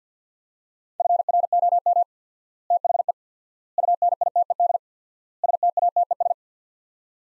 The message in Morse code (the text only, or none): FROM THE UNITED STATES